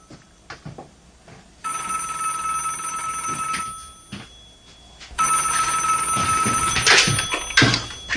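A telephone bell rings in two long bursts, a bright metallic trill with steady high tones, separated by a short pause, with faint shuffling and clatter in between.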